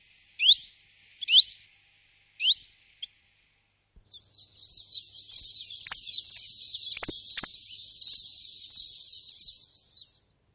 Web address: chant jean roche pouillot veloce